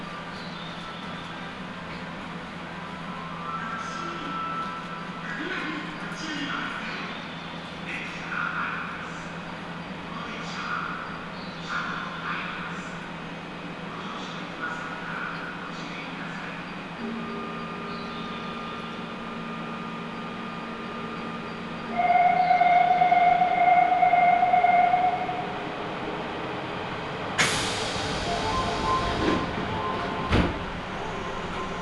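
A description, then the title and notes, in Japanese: Inside a subway train, a steady low rumble carries faint voices, a loud tonal chime around 22 seconds, then a sharp hiss near 27 seconds. 名古屋市営地下鉄桜通線 太閤通→徳重。桜通線の太閤通から徳重までの全区間を乗った時のものです。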